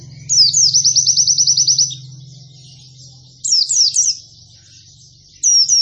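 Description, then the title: White-eye song: a quick high trill, then short bursts of twittering notes after pauses, over a steady low hum. Pleci singing actively (gacor), in the nembak panjang style of long rapid trills, with canary-like (kenarian) phrases. "Pleci Gacor. Pleci Nembak Panjang Istimewa Full Kenarian SobekSobek"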